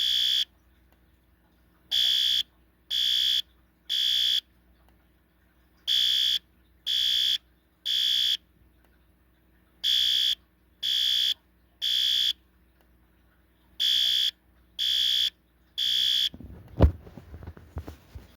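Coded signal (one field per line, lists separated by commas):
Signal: alarm pattern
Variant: System Sensor L-Series horn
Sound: harsh electronic horn blasting three times, pause, repeated four times, then a clunk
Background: small room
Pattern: temporal three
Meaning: Temporal-3 pattern signals fire, evacuate the building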